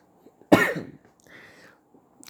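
A single sharp, forceful cough from an adult man with a lingering cough that has not yet healed. It has a sudden explosive onset and fades within about half a second. A brief, softer voiced sound follows, a throat sound or hum. It is heard in a quiet room.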